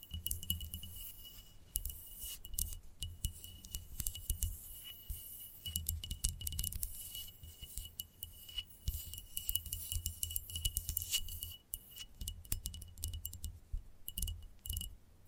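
Gentle tapping in quick, uneven clusters, each tap short and bright with a glassy, clinking edge. The taps run almost constantly, with a brief lull near the twelve-second mark. A thin steady high whine and a soft low hum sit underneath throughout.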